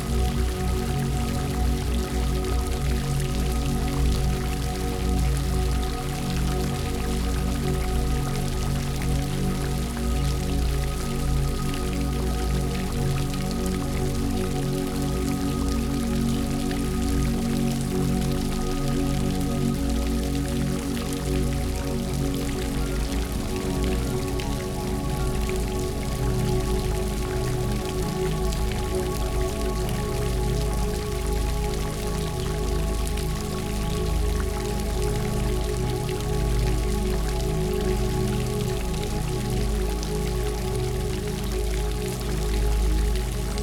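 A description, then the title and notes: A park water fountain splashes continuously, a dense, steady patter of falling water that barely changes over the whole recording. Underneath runs a low, constant hum with a few faint steady tones, likely the fountain's pump or machinery. Splashes of a Park Water Fountain.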